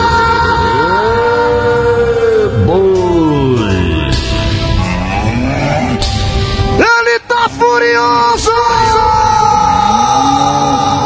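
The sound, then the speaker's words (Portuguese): A crowd lets out a loud cowboy yell, many voices overlapping in long, drawn-out whoops that swoop up and down in pitch, breaking off briefly before a fresh burst of shouting rises again. “Solta o grito, meu vaqueiro. Olha o grito!”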